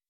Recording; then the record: hydrophone in a shrimp aquaculture tank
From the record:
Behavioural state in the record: weakened